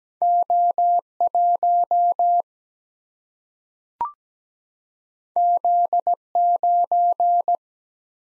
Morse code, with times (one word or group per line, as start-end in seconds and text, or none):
0.2-1.0 O
1.2-2.4 1
5.4-6.1 Z
6.4-7.6 9